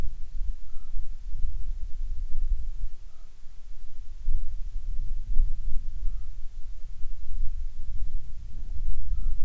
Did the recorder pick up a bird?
yes